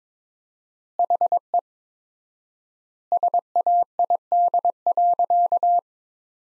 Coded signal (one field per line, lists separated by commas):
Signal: Morse code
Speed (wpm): 22 wpm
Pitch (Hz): 700 Hz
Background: none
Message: HE SAID.